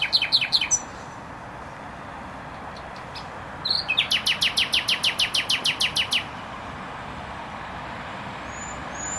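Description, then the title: Nightingale song: a brief rattling opener, a pause, then a long run of loud repeated notes, all over a steady traffic drone. Singing in bushes close to a noisy motorway, Trasa Toruńska, Bródno-Podgrodzie, Warsaw, Poland; recorded on an Olympus LS-11. "Bródno-Podgrodzie, Warszawa, Polska - Trasa Toruńska Nightingale"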